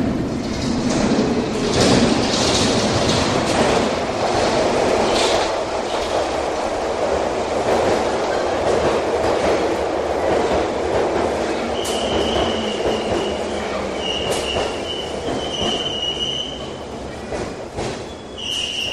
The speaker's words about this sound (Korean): 곧 어두운 터널에서 지하철이 고동 소리를 내며 나타납니다.